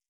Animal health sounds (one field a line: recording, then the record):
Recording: hydrophone in a shrimp aquaculture tank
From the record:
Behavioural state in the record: stressed